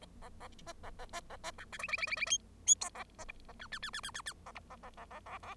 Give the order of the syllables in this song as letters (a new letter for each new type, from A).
A A B A A B A B C D E E E E E F F G A B H A I I I I I I I A H A A A A A A